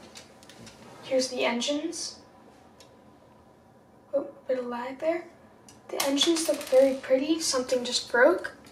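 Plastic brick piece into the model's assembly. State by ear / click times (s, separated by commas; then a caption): not seated / none. A plastic brick piece that came off a Lego Star Wars Black Ace TIE Interceptor (75242) model, probably not snapped in all the way when it was first built, is handled while being pressed back into the model's assembly. Someone talks throughout, with a few faint taps early on. The clip ends before the piece goes home, so nothing has seated or clicked yet.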